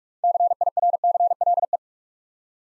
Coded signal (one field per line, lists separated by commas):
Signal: Morse code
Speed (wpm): 47 wpm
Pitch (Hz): 700 Hz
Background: none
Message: CIRCLE